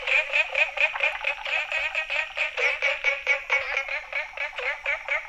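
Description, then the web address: Frog giving rasping, pulsed croaks that swell and fade about twice a second in a steady, rhythmic series. Recorded 19 May 2018, between 18:00 and 20:00. "frog rec 18-20 20180519"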